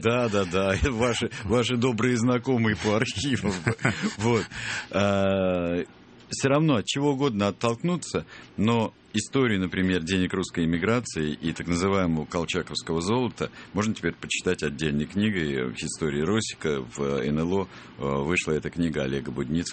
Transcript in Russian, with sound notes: Да, да, да. Ваши добрые знакомые по архивам. (смеются) Вот. Все равно, от чего угодно оттолкнуться, но историю, например, денег русской эмиграции и так называемого «колчаковского золота» можно теперь почитать отдельной книгой в «historia rossica», в «НЛО», вышла эта книга Олега Будницкого.